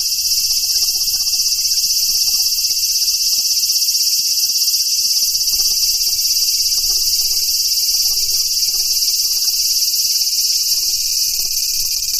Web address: sikioto insect aburazemi